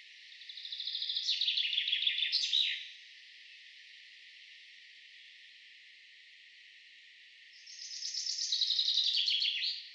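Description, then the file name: Common chaffinch gives two songs about five seconds apart, each a brisk cascading trill closing with a sharp final flourish, with steady soft hiss between. "Fringilla coelebs"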